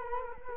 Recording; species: mosquito wingbeat signal from an infrared sensor; Culex quinquefasciatus